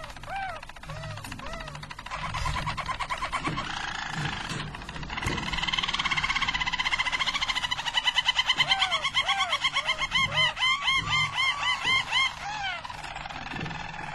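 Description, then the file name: Harz Roller canary song: continuous soft rolling tours and trills, then fast repeated arched notes. Belgian Harz Roller canary. "canto do canario belga harz roller"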